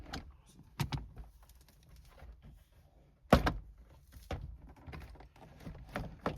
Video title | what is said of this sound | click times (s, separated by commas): How To Change A 2015-2021 Subaru WRX/STI Window Regulator | So, you hear it popping. | 0.9 s, 3.3 s, 6.3 s